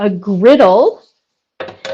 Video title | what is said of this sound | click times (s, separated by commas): Tool Thyme Tuesday Ep#170 What’s new?!! | which is easy to put in also let's see if i can do it without there we go it just pops into place stays in there | 1.6 s, 1.8 s